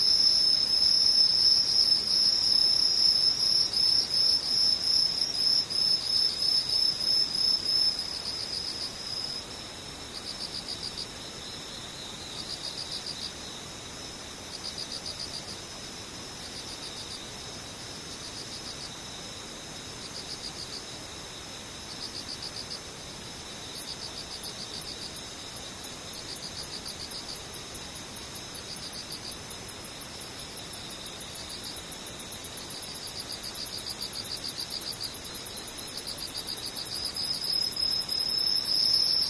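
Insects chirr in a dense, high, steady pulsing chorus, louder at the start, softer mid-clip, then a sharper rapid trill joins near twenty-four seconds.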